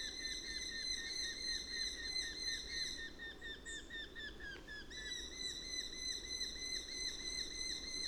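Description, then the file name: Eurasian hobby giving rapid repeated whistled kew notes that pause briefly near the middle and then resume at the same quick pace, with faint background rumble. Adult perched in a tree. "Eurasian Hobby Calls From Adult Perched In Tree"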